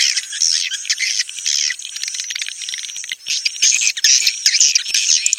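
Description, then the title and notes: Swiftlet calls, busy high-pitched twittering and buzzy chirps in uneven bursts. Swiftlet sound used in swiftlet farming in Asia. "Swiflet Bird Sound. Farming Swiflet Bird asia sound"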